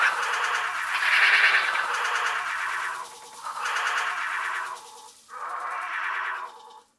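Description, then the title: Domestic cat giving three drawn-out meows with short pauses between them. "Кошка"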